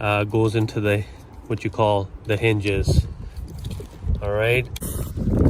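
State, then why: Not seated. A plastic wiper blade adapter cover for a 2019 Tiguan Highline is handled as it is fitted into the blade, while someone talks. A few faint, short ticks and rustles are heard around 3.5–3.7 s, but nothing has seated or clicked yet.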